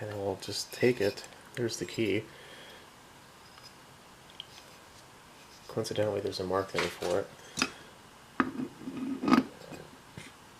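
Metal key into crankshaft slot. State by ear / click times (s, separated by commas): not seated / none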